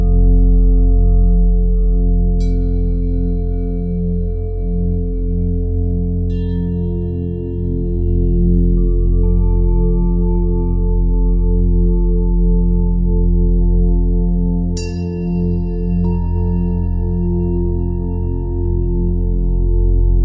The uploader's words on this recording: The pure tones of Tibetan Singing Bowls. The bowls sound together to produce natural rhythms and harmonies.